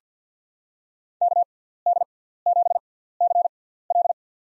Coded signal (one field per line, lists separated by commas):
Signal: Morse code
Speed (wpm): 50 wpm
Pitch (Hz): 700 Hz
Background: none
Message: KD7CL